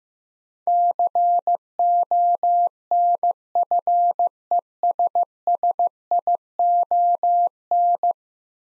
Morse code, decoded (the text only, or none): CONFESSION